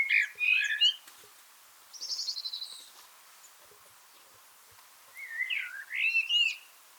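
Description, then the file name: Eurasian blackbird song: warbling phrases at the start and end, with a rapid buzzy high trill in between. "Turdus merula"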